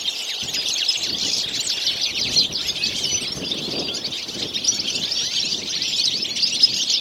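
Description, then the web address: Birds in a lively chorus of overlapping high chirps and trills. "Deverinetal"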